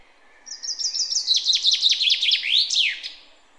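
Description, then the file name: Common chaffinch singing one full phrase: thin introductory notes, a descending trill, then a bold terminal flourish, with soft background hiss. "Fringilla coelebs"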